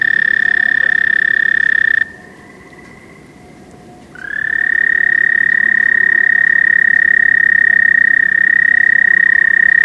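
American toad trill: a long, steady, high musical trill that breaks off for about two seconds while a fainter trill carries on, then resumes and holds to the end.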